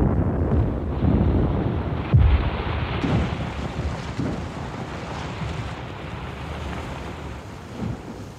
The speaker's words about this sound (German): Eine dumpfe Explosion unter Wasser. Rechts von uns, unmittelbar vor dem gegenüberliegenden Ufer der Balta, das an dieser Stelle steil und felsig war. In einer gewaltigen Fontäne spritzten Wasser und Schaum zum Himmel. Es regnete Metallstückchen.